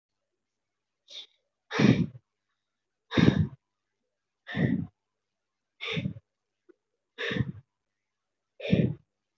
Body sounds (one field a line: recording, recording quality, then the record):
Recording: shallow breathing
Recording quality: excellent, no background noise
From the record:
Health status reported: recovered from COVID-19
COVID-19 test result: positive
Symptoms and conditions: cough, cold, fever, fatigue, muscle pain, loss of smell and taste, diarrhoea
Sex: female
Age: 23 years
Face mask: not worn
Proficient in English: yes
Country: India